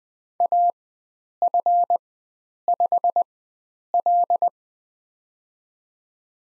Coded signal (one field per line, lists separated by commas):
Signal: Morse code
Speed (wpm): 20 wpm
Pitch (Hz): 700 Hz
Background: none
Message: AF5L